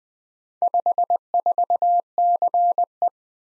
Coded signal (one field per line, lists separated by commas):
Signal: Morse code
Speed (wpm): 20 wpm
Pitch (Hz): 700 Hz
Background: none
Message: 54CE